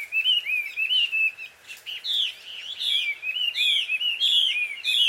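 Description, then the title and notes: Bird chattering with a near-continuous string of wavering, squeaky chirps and slurred notes, loud and busy throughout with hardly any break. Bird pair quarrelling at dusk in Takao, Japan. "鳥の夫婦喧嘩 – Birds Quarrel At Dusk. Recorded in Takao Japan"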